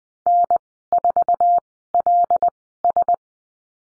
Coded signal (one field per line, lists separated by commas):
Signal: Morse code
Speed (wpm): 20 wpm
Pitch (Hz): 700 Hz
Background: none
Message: N4LS